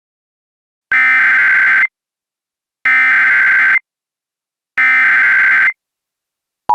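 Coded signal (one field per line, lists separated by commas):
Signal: Emergency Alert System (SAME) tones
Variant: header bursts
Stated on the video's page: Fictional alert scenario using valid tones.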